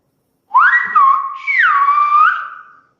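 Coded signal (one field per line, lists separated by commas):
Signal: whistled language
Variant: Silbo Gomero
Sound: two gliding whistled phrases rising and falling in pitch, about 2.5 seconds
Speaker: empezar las entrevistas pues saludando con el con el Silvio Romero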